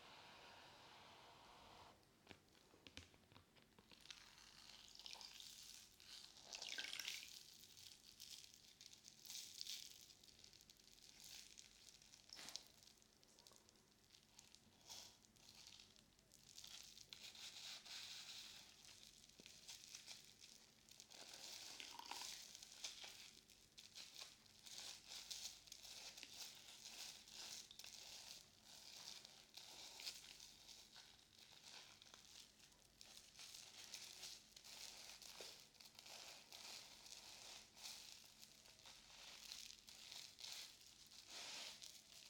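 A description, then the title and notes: A soapy sponge being worked with water gives a continuous wet crackle and fizz, bright and dense throughout. Squeezes and rubs come in uneven surges every second or so, with a few sharper squishes near 7 and 22 seconds, and a faint low hum underneath. ASMR Binaural Sounds Water Soap Sponge.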